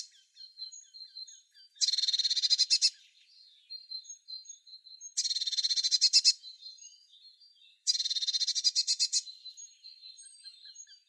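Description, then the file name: Eurasian blue tit churring: three harsh, rattling buzzy bursts, separated by faint, high, twittering notes. "Cyanistes caeruleus"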